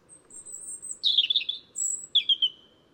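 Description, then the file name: European robin song: a long, very high drawn-out whistle, a rich warbled burst, then another high whistle and a falling trill. "Erithacus rubecula"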